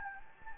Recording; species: mosquito wingbeat signal from an infrared sensor; Anopheles gambiae